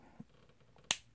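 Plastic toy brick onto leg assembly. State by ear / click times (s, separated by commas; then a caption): seated / 0.9 s. A plastic Lego building brick, part of the 30591 Ninjago Titanium Mini Mech, is pushed onto the mech's leg assembly after some struggle. A faint low bump comes at 0.2 s and a small tick at 0.8 s. A sharp, bright click at 0.9 s shows the brick seating firmly in place.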